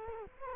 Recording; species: mosquito wingbeat signal from an infrared sensor; Culex quinquefasciatus